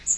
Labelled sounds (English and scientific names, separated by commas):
Magnolia Warbler (Setophaga magnolia) flight call